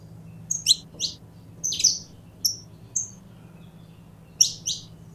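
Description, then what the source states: Belgian canary singing short high chirps and sweeping notes in scattered bursts, with a faint low hum underneath. Purebred Belgian canary.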